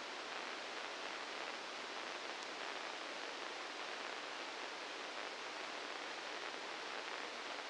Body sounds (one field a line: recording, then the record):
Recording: brain microelectrode recording played as sound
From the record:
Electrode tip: inside the subthalamic nucleus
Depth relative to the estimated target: -1 mm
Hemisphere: left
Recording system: NeuroSet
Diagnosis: Parkinson's disease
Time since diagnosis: 9 years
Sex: male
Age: 61 years